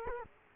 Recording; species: mosquito wingbeat signal from an infrared sensor; Culex quinquefasciatus